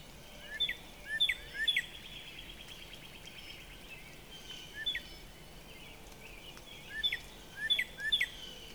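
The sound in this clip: Northern Cardinal whistling loud descending slurs, a cluster of three, a single note later, then another trio, with gentle hiss beneath.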